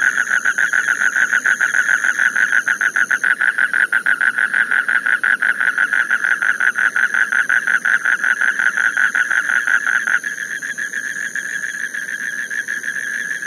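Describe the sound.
Spectacled toad calling in a continuous fast pulsed trill, the trill shifting slightly in tone near the end, over a faint steady high-pitched tone.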